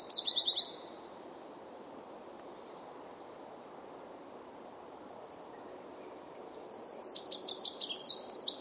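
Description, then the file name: Eurasian wren song, a brief high trill at the start, a long quiet stretch of low hiss, then another loud, rapid trilling burst near the end. "Troglodytes troglodytes"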